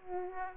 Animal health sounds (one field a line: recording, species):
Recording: mosquito wingbeat signal from an infrared sensor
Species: Aedes aegypti